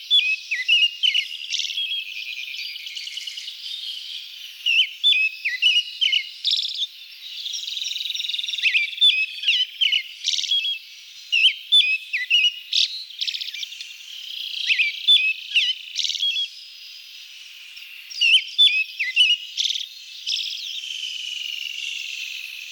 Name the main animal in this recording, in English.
Pale Thrush